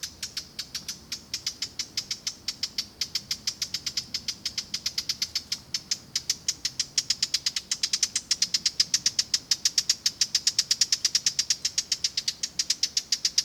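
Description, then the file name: Eurasian blackcap giving hard, dry ticking calls in a fast, steady series, several clicks each second, continuing without pause through the whole stretch. "Sylvia atricapilla"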